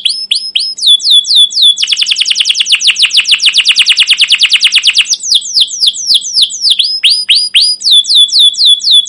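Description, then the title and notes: Canary song: quick downward-slurred notes open into a long rapid trill, then return to repeated sweeping chirps, all loud and high-pitched with no pause. Caged canary song used as a lure to train other canaries, described as long, lively chattering for young birds learning sounds. "CUIT CUIT NGEROL LANGSUNG GACOR PANJANG Kenari Ini AMPUH Utk Pancingan KENAR. PANCINGAN Kenari GACOR PANJANG Cuit CUIT EMOSI ini AMPUH utk MASTERAN Kenari PAUD belajar BUNYI. burung kenari"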